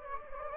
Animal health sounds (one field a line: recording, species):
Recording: mosquito wingbeat signal from an infrared sensor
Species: Anopheles gambiae